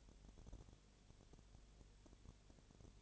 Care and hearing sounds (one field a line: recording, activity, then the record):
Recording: daily activity, microphone in the room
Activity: no activity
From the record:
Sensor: 4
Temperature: 22.7 degrees Celsius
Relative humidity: 32.0%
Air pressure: 1008.1 hPa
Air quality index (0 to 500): 114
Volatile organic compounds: 2 ppm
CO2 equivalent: 1104 ppm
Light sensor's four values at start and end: 2/3/1/1 and 2/3/1/1